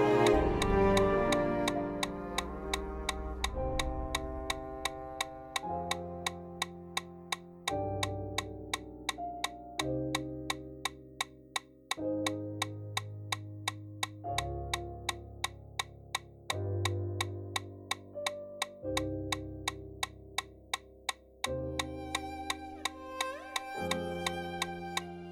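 A metronome ticks at a running cadence of 170 steps per minute, sharp bright clicks falling in a fast, perfectly even pulse. Beneath it, a low sustained musical backing shifts chords every couple of seconds, swelling and fading in waves.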